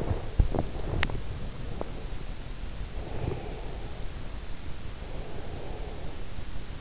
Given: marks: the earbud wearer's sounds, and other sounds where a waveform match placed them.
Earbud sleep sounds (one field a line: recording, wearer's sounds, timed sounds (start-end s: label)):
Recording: sounds in sleep by an in-ear microphone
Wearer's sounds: body movement, breath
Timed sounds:
0.00-1.13 s: body movement
3.02-4.16 s: breath
5.14-6.45 s: breath